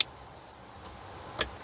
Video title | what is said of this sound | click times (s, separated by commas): Mangoal Dash Cam Review & Complete OEM-Style Installation | Just like that. As long as you hear the click, it means that it's properly secure. | 1.4 s